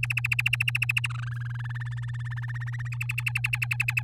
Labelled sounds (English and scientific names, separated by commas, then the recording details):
Domestic Canary (Serinus canaria) song
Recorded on 8 May 2018 at 05:34
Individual llb16